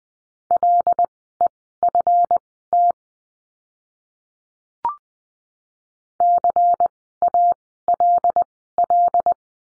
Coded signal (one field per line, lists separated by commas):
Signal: Morse code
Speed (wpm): 20 wpm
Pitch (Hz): 700 Hz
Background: none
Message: LEFT CALL